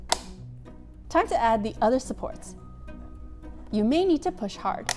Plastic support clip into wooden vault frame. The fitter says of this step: Make sure it's going in straight. You should hear a click.